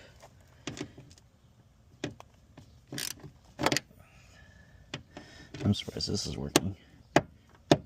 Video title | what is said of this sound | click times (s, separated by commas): Trailblazer restoration PRT9 | Oh, there it goes, jumping over. | 7.2 s, 7.7 s